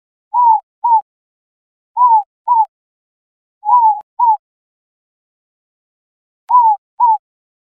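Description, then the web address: A bird repeating short two-note whistles, four pairs at uneven gaps in silence. "birdvocals"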